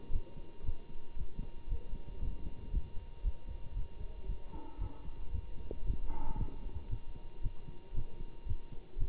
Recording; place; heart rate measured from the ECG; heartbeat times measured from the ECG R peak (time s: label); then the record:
heart sounds by stethoscope; between the tricuspid and mitral areas; 115 bpm
0.10 s: heartbeat
0.62 s: heartbeat
1.15 s: heartbeat
1.67 s: heartbeat
2.19 s: heartbeat
2.70 s: heartbeat
3.21 s: heartbeat
3.73 s: heartbeat
4.25 s: heartbeat
4.78 s: heartbeat
5.31 s: heartbeat
5.83 s: heartbeat
6.36 s: heartbeat
6.88 s: heartbeat
7.40 s: heartbeat
7.93 s: heartbeat
8.45 s: heartbeat
8.97 s: heartbeat
From the record:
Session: Bruce protocol treadmill stress test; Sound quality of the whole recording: good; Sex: male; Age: 25 years